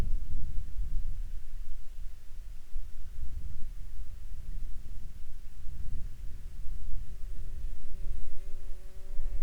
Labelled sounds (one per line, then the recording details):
wind
insects
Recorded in Ivvavik National Park, Yukon, on 5 June 2019 at 10:44
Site SINP06